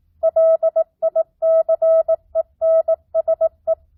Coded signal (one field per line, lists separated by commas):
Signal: Morse code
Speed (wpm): 18 wpm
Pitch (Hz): 650 Hz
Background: none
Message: LICENSE